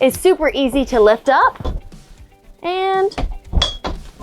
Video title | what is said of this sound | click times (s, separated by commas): NEW 2023 Grand Design Imagine AIM 15BH - Walkthrough | click in place, and it'll stay up with peace of mind because of your extra click in place. | 3.6 s